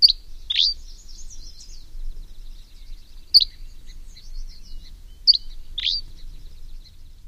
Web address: Songs of Birds of North America Know Your Bird Sounds Common Western Species. Dusky Flycatcher